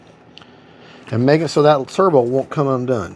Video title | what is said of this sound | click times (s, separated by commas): X-FLY 40MM F-15 UNBOX AND BUILD #rcjets #aviation #aircraft | dark to dark and both them little arms now on that Servo lead will lock into place | 0.4 s